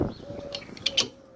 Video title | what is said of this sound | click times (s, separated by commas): Fastest Proven Method to Install Windshield Wipers on 2006-2018 VW Tiguan | See, you know it's okay when you hear that snap, and | 0.9 s